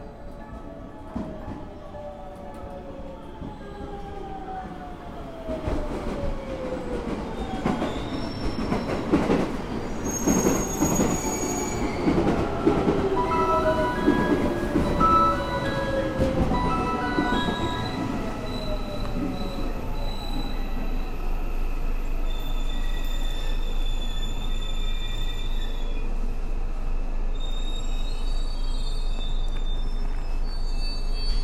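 A 207 series electric train on the Gakkentoshi Line rapid service rolls along with a steady low rumble and clattering wheels. Rising and falling motor whines run through the first twenty seconds, with bursts of rattle and squeal around ten to seventeen seconds. Afterward a smoother, even drone continues with faint high tones.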